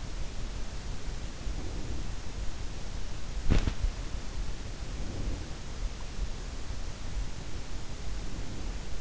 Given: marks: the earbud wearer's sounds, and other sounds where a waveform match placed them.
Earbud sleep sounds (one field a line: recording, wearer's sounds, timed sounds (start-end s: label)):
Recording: sounds in sleep by an in-ear microphone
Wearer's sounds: breath, body movement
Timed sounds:
1.30-2.34 s: breath
3.16-4.12 s: body movement
4.68-5.75 s: breath
7.97-9.01 s: breath